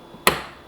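The plug of a short black interconnect cable is pushed into the bottom terminal of a stackable LiFePO4 battery module. A single sharp, bright pop sounds at 0.3 s, then quickly fades. The plug is seated in the terminal.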